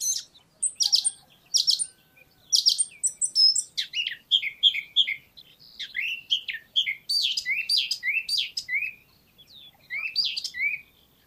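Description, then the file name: Eurasian blackcap song: high chattering notes break into a run of clear, descending whistled phrases that repeat to the end. "Sylvia atricapilla"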